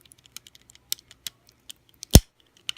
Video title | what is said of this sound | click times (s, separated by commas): Transformers: Revenge of the Fallen (Deluxe) - AUTOBOT GEARS Review | bring it back and then you bring it back until you hear a click like so | 0.9 s